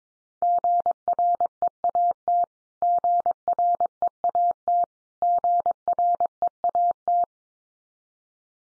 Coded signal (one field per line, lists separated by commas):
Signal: Morse code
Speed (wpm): 22 wpm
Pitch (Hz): 700 Hz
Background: none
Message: GREAT GREAT GREAT